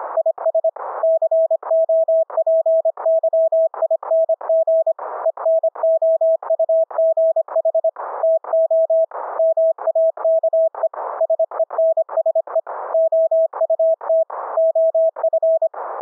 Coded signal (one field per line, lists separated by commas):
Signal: Morse code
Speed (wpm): 25 wpm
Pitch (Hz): 650 Hz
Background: none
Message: IS COPYING ENOUGH TO MAKE SENSE OUT OF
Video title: REMOTE RIG "audio OVER ip" FULL DUPLEX audio streaming - demo of VOICE and CW - remote laptop to RIG